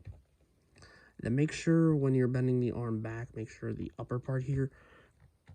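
Someone talks while handling a plastic Transformers '86 Snarl Leader Class transforming robot action figure, bending its arm back so the upper arm piece will lock into the shoulder/torso. Only faint, brief ticks of handling are heard near the start and at the very end. Nothing has seated or clicked into place yet.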